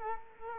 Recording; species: mosquito wingbeat signal from an infrared sensor; Culex quinquefasciatus